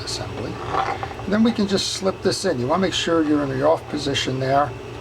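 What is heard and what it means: Someone talks while slipping a metal anti-reverse/switch sub-assembly into the frame of a Penn Mag 10 conventional fishing reel, with the switch set to the off position. Only the speaking voice and faint handling are heard. Nothing has seated or clicked in yet.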